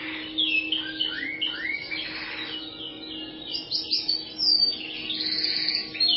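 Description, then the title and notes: Bird song of arched, upslurred whistles followed by busy high chirping and twittering that runs on almost continuously. "Bird Sound. Kicau Burung Lengkap"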